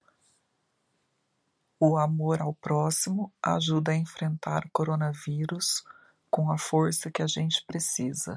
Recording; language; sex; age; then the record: spoken sentence; Brazilian Portuguese; female; 50 to 59 years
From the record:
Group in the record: control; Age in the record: 51 years